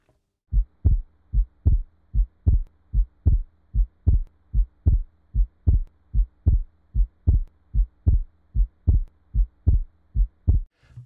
A fixed splitting of the second heart sound found in a young patient with an underlying ASD.